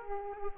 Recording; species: mosquito wingbeat signal from an infrared sensor; Aedes aegypti